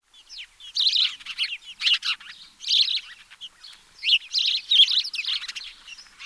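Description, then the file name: House sparrow giving quick, chattering chirps in short clusters, some notes slurred and twittery, with small gaps between groups. "Passer domesticus"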